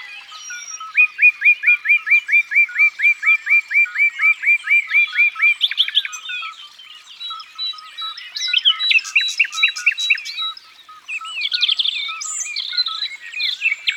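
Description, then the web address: Common nightingale song: a fast run of about twenty identical, sharply repeated notes, then varied whistles, rattles and buzzy phrases, with faint steady tones from other birds behind. "Rossignol philomele. abc de la nature"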